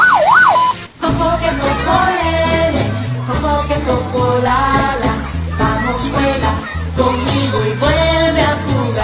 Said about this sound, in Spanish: Respetemos el horario de recolección establecido. Saque su basura al sonido de la sirena del camión recolector.